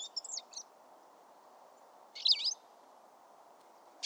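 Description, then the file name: European Goldfinch giving a few short high twittering calls, one brief burst at the start and a louder tinkling call in the middle, with a low background rumble. "Carduelis carduelis"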